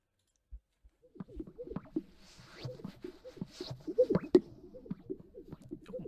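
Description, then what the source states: Greater Sage-Grouse lek display: soft bubbling pops and gurgling notes in quick irregular succession, with a faint higher swishing. Lekking display, described as sounding like water droplets.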